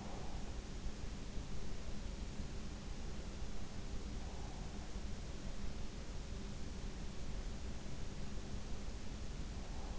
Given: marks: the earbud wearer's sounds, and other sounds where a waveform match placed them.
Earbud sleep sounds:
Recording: sounds in sleep by an in-ear microphone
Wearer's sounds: breath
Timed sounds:
0.00-0.48 s: breath

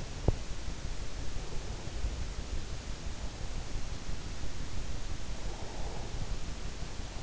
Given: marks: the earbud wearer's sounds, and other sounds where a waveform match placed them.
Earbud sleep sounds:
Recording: sounds in sleep by an in-ear microphone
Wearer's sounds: teeth grinding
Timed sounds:
0.19-0.40 s: teeth grinding

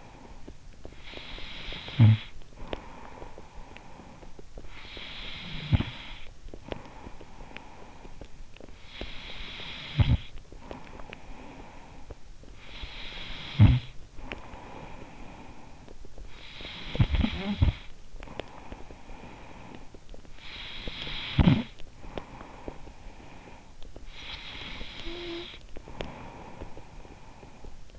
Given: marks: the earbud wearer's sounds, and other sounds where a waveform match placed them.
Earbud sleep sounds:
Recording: sounds in sleep by an in-ear microphone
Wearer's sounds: snoring breath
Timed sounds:
0.00-8.61 s: snoring breath
8.61-27.99 s: snoring breath

